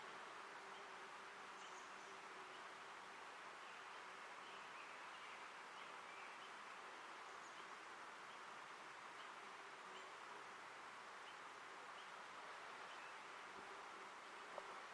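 Forest ambience in the Ancient Forest Preserve of Portland, Oregon: a steady, even hiss of rustling leaves or wind fills the whole fifteen seconds. A faint low tone hums underneath, and soft, thin chirps of insects or distant birds surface now and then.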